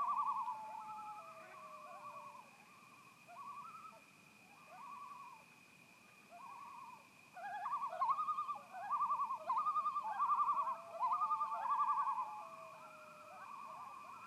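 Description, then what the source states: Loons in a tremolo chorus of wavering bursts, louder and denser from about eight to twelve seconds, with a constant high hum. Several loons at Sunset Lodge, 10 September 2018.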